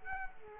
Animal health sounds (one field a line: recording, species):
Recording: mosquito wingbeat signal from an infrared sensor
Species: Culex quinquefasciatus